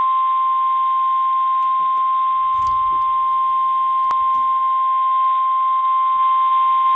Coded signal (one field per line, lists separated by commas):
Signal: Emergency Alert System (SAME) tones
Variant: 1050 Hz attention tone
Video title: EAS #51: Severe Thunderstorm Warning